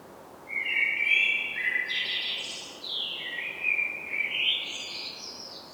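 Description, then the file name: Common blackbird delivering a long fluty warble that breaks into higher scratchy twittering notes, almost continuous for five seconds. "Turdus merula"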